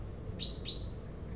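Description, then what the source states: Common Chaffinch, a single quick pair of sharp, bright call notes over a faint low rumble. Recorded with a Dodotronic stereo parabolic microphone and Zoom H4n Pro, aimed at a chaffinch on a hedgerow island among tall maize fields in Yenne, France.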